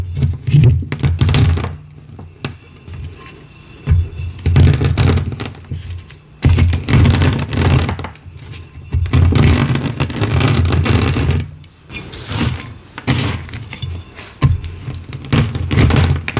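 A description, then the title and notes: Gym chalk shards are crushed under a rolling pin in repeated passes, each a dense crunchy grinding with a heavy low rumble from the rolling. Bursts come every second or two with brief quiet gaps, a few brighter glassy cracks standing out. Glassy Crunchy Gym Chalk Shards & Rolling Pin Crushes.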